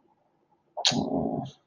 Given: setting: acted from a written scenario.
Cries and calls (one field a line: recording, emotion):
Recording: vocal sound without words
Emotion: guilt